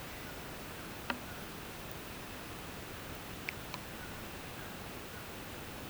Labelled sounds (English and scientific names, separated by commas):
none